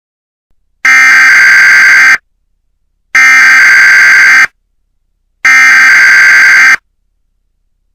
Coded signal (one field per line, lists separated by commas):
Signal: Emergency Alert System (SAME) tones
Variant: header bursts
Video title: EAS Video: Tornadoe Warning